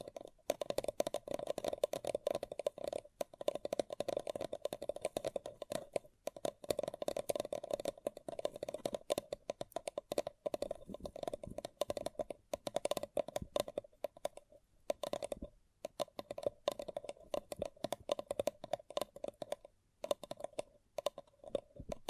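Fingers tap and scratch a paper cup in dense, rapid clicks with a hollow ringing tone, pausing briefly near 15 and 20 seconds.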